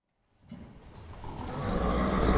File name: Redbarn Horse Nicker